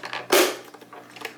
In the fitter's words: Once you hear a click, a snap, it means you just release a clip.